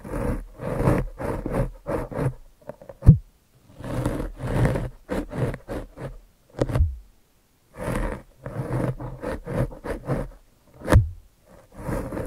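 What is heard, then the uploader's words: Crisp handling sounds come in quick bursts of scratching and rustling, like zips and scrapes against something. The bursts are uneven, with short silent gaps between them, and a few sharper taps stand out around three and eleven seconds. ASMR Brain Flossing (No Talking).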